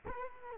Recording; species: mosquito wingbeat signal from an infrared sensor; Culex quinquefasciatus